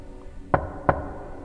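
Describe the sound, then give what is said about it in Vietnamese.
Two sharp knocks on a door, a short pause between them, each with a brief hollow ring. Nothing else is heard, and no one speaks. “Ấy nhưng mà tiếng gõ vẫn cứ vang lên đều đều như vậy.”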